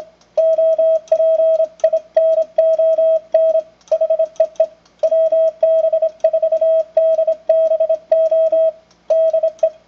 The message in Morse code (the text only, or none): OPINON HEE WB4DBO DE